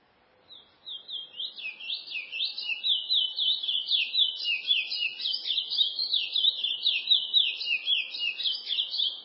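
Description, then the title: Chestnut-bellied seed finch singing a fast, sustained stream of twittered, slurred notes that starts after a brief quiet moment and continues steadily to the end. "Canto De Curio"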